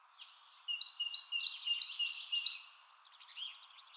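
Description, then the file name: Great tit calls, a run of high two-part notes with a buzzier lower layer, ending in a short jumbled flurry of softer notes. "Parus major"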